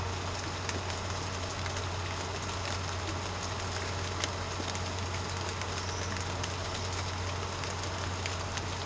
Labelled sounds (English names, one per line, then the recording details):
none
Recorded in secondary vegetation near Puerto Asís, Putumayo, Colombia, on 21 March 2025 at 15:30
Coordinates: 0.468, -76.324
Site G059